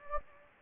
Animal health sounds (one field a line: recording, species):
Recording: mosquito wingbeat signal from an infrared sensor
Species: Anopheles gambiae